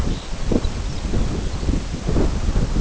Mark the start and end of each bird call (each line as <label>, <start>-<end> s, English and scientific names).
Lapland Longspur (Calcarius lapponicus), 0.02-1.93 s